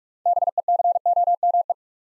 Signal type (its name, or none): Morse code